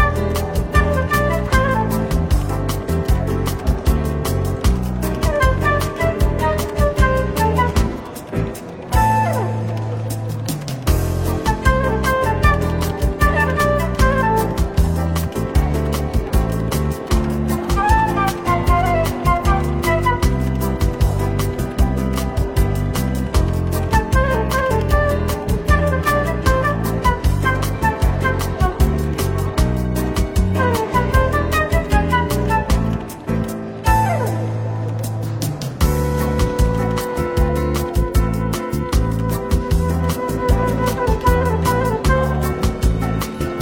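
Soft, easygoing jazz plays in a London bookshop café: a walking bass steps steadily beneath brushed drums and a wandering melodic line. The band thins briefly around 9 and 34 seconds to a held low note before the full groove resumes.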